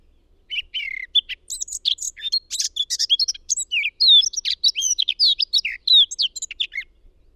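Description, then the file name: Eurasian blackcap warbling in a continuous, lively stream of high chirps, trills and clear whistled notes lasting around six seconds. "Sylvia atricapilla"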